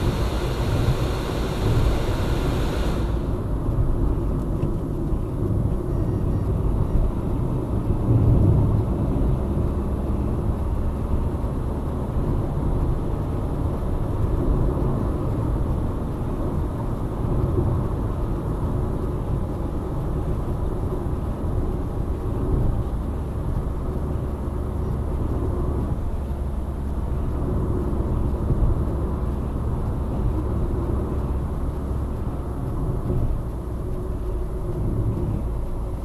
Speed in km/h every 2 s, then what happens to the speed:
83, 77, 68, 67, 71, 75, 78, 81, 81, 81, 79, 77, 75, 73, 74, 71, 67, 60.
0-5 slows to 67. 5-14 speeds up to 81. 17-36 slows to 60.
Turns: none.